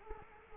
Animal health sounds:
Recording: mosquito wingbeat signal from an infrared sensor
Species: Culex quinquefasciatus

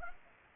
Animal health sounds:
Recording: mosquito wingbeat signal from an infrared sensor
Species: Aedes aegypti

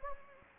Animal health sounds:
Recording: mosquito wingbeat signal from an infrared sensor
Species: Anopheles gambiae

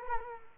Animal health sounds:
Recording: mosquito wingbeat signal from an infrared sensor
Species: Culex quinquefasciatus

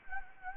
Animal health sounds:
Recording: mosquito wingbeat signal from an infrared sensor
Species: Anopheles gambiae

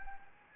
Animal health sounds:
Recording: mosquito wingbeat signal from an infrared sensor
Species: Anopheles gambiae

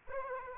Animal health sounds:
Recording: mosquito wingbeat signal from an infrared sensor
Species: Aedes aegypti

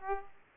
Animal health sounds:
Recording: mosquito wingbeat signal from an infrared sensor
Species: Aedes aegypti

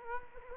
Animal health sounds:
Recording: mosquito wingbeat signal from an infrared sensor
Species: Culex quinquefasciatus

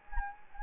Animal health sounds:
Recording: mosquito wingbeat signal from an infrared sensor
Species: Anopheles gambiae

